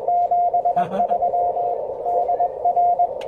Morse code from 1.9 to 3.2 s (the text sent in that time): DR